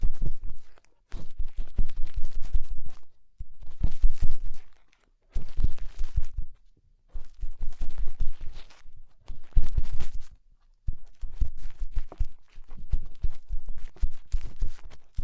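Fingers rub and scrape inside an ear in bursts of dense crackling and scratching, with deep rumbling thumps underneath. Each burst lasts one to two seconds, separated by brief silences about every second or two, repeating steadily across the clip.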